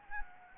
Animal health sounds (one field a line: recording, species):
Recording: mosquito wingbeat signal from an infrared sensor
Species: Anopheles gambiae